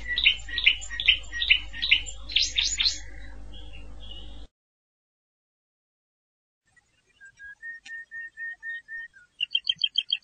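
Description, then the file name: Canary: songbird trills and chirps over a low hum, cut to silence midway, then a run of even repeated whistles and a short high trill. "Canary Voice"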